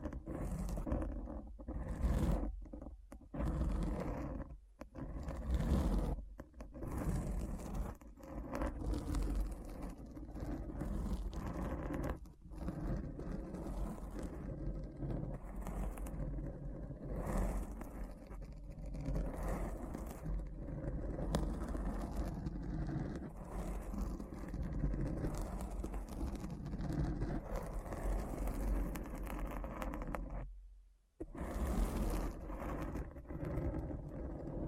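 Deep brain scratching: a dense, gritty scraping with a heavy low rumble beneath it. Short breaks cut in often during the first few seconds, then the scratching runs steadily before stopping abruptly around the 31-second mark and resuming.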